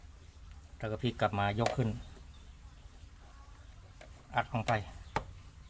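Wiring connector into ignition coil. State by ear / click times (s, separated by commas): seated / 5.2 s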